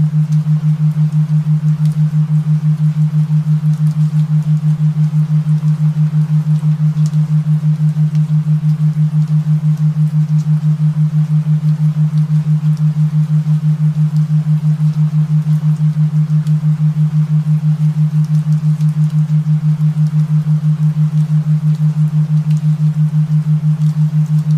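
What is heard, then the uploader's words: A steady low tone, the theta wave layer, hums without change through the whole clip with a fast, even pulse. Behind it, soft gentle rain forms a quiet hiss with faint scattered patter, uniform, and no thunder. Rain (no thunder) + theta waves. This audio features theta waves layered with gentle rain noises.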